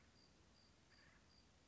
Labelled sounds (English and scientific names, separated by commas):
Acorn Woodpecker (Melanerpes formicivorus)